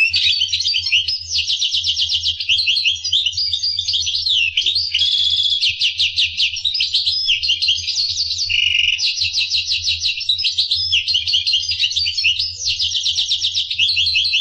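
Finch song: nonstop high, rapid trills and buzzy rattles throughout, with a lower buzzing note midway.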